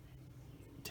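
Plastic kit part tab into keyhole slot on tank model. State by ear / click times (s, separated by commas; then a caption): seated / 0.9 s. A plastic part of a Trumpeter 1/35 Tiger I Late tank model kit is pressed by its tab into a keyhole-shaped slot, with a steady low hum in the background. At 0.9 s there is a sharp, bright click as the part pops right into place and seats.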